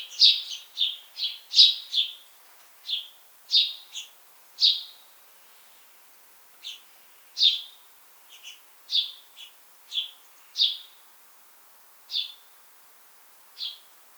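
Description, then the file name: House sparrow chirping, short bright chirps in quick bursts at first, then spaced singly every second or so, with quiet gaps between. "Passer domesticus"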